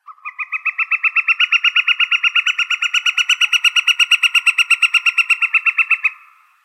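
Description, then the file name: Woodpecker call, a long, even series of nasal, buzzy notes delivered rapidly, holding a steady pitch for six seconds before stopping abruptly. Recorded in Arizona on 4 August 2006. "deviche"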